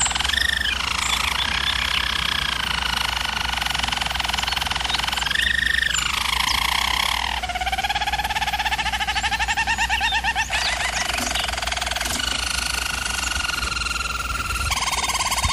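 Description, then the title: German Roller canary giving unbroken rolling trills with rising and falling glides and layered tones, changing tour every few seconds, above a steady low hum. German Roller canary singing, recording made for canary training. "German Roller Canary Singing - Canary Training Vid"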